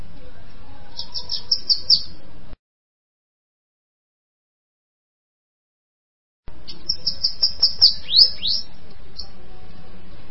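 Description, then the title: Bananaquit song: two bursts of high, thin, rapid wheezy notes ending in a few downslurred squeaks, separated by several seconds of silence. "Canto De Cambacica"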